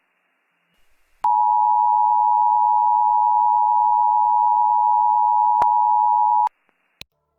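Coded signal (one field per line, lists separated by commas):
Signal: Emergency Alert System (SAME) tones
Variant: 853 and 960 Hz attention tone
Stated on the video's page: Emergency Alert System broadcast voiced by a hired voiceover artist.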